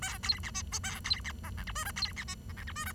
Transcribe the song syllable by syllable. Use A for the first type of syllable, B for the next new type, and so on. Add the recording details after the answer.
A B C D E A B C F G H I J B C D F G H I J. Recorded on 23 June 2012 at 09:14. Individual gr41rd51